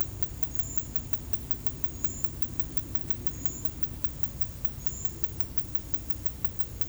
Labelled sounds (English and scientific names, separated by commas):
none